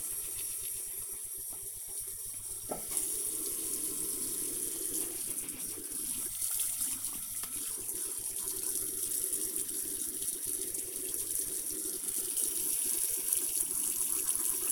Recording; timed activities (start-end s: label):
household activities, microphone on the right wrist
0.00-14.72 s: brushing teeth